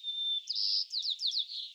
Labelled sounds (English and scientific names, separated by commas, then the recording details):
White-crowned Sparrow (Zonotrichia leucophrys) song
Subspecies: nuttalli
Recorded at Morro Bay, California, in 2014
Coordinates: 35.368, -120.867
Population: south
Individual MORR_maleH_14